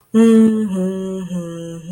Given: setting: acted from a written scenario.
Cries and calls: vocal sound without words; serenity

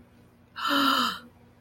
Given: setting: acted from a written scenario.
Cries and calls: vocal sound without words; awe

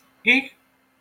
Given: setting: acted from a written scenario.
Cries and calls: vocal sound without words; fear

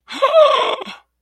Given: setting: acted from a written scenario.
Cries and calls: vocal sound without words; awe

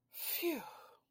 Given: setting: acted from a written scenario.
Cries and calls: vocal sound without words; relief

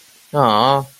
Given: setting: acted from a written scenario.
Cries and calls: vocal sound without words; sympathy

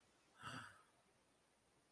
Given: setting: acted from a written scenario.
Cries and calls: vocal sound without words; fear

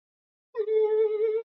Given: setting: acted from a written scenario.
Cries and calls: vocal sound without words; fear

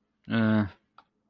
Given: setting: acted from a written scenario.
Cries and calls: vocal sound without words; neutral

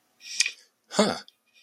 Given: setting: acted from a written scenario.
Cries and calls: vocal sound without words; interest

